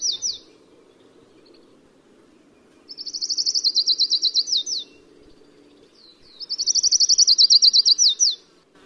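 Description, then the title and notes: Colima warbler song: a high, fast trill lasting about two seconds, ending in a couple of lower notes, heard twice in full after a short fragment, over a low steady hum. Chisos Mountains of Big Bend National Park; the notes state the species is found only there. "Only found in the Chiso mountains of Big Bend NP, This is the Colima warbler"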